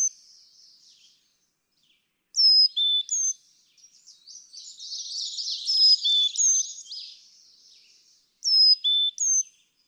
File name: Carolina Chickadee